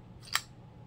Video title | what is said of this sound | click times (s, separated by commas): Warspear WP505BK #knives #everydaycarry | nope even with a really soft touch the blade flips out and locks in place | 0.4 s